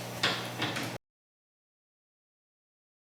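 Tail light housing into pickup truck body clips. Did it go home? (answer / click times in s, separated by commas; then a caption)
yes / 0.2 s. After the bulb sockets and wires are put back, a plastic tail light housing is shoved into the body of a Nissan Frontier or Xterra pickup truck until its clips engage. A sharp snap is heard at 0.2 s over a steady low hum, followed by a softer burst around 0.6 s, and the sound cuts to silence at about 1.0 s. The housing is seated.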